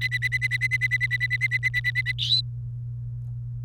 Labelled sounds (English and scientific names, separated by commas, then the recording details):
Domestic Canary (Serinus canaria) song
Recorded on 28 April 2018 at 12:34
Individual llb3